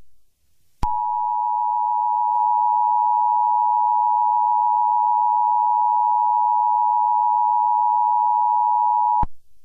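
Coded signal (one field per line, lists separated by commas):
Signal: Emergency Alert System (SAME) tones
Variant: 853 and 960 Hz attention tone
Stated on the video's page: Fictional, remade EAS scenario with background music.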